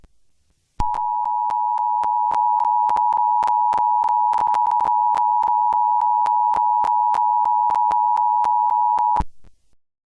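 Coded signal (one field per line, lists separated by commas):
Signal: Emergency Alert System (SAME) tones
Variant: 853 and 960 Hz attention tone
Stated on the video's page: Fictional EAS scenario alert about lava.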